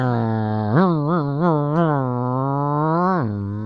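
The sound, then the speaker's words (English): A big cat roar sound effect: a long, loud cat-like yowl with a steady tonal growl that rises at the start, wavers up and down several times, then drops away at the end. No one speaks. “And the sound effect is, of course, coming up after that sound of a cat.”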